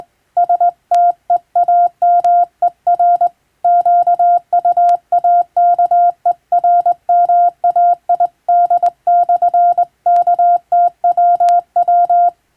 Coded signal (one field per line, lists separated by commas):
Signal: Morse code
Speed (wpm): 21 wpm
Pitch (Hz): 700 Hz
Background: none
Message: STEAMER QUAKERMAID/KTWW